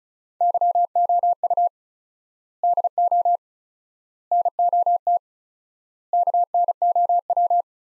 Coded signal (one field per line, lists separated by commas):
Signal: Morse code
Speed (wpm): 34 wpm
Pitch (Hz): 700 Hz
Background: none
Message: YOU DO NOT KNOW